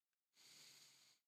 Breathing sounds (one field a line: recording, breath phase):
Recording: one breath near a microphone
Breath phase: inhalation